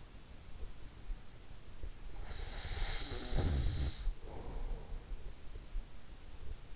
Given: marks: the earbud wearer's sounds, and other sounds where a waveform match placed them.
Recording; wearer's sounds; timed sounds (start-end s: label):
sounds in sleep by an in-ear microphone; snoring breath
2.10-5.41 s: snoring breath